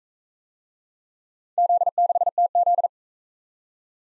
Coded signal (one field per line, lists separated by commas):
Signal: Morse code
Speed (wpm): 41 wpm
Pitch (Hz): 700 Hz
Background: none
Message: Z6TZ